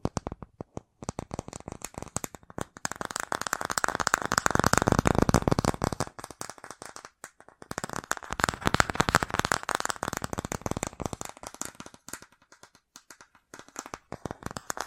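Fast tapping with fingertips or nails, in dense bursts of sharp clicks. The rhythm starts sparse, swells into a quick, busy flurry around four to six seconds, pauses briefly near seven, then picks up again before thinning out toward the end.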